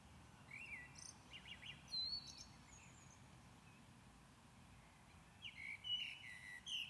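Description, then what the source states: Common blackbird song in two bursts, rich whistled notes mixed with thin squeaks and twitters, separated by a few seconds of quiet background noise. Recorded at Maindy.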